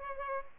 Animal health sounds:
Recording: mosquito wingbeat signal from an infrared sensor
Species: Culex pipiens

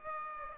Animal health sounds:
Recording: mosquito wingbeat signal from an infrared sensor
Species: Aedes aegypti

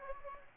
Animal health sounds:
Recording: mosquito wingbeat signal from an infrared sensor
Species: Aedes aegypti

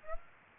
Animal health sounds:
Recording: mosquito wingbeat signal from an infrared sensor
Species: Aedes aegypti

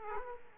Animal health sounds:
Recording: mosquito wingbeat signal from an infrared sensor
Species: Aedes aegypti

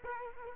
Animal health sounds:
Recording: mosquito wingbeat signal from an infrared sensor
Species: Culex quinquefasciatus

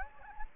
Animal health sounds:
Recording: mosquito wingbeat signal from an infrared sensor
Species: Anopheles gambiae

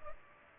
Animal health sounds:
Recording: mosquito wingbeat signal from an infrared sensor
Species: Culex pipiens

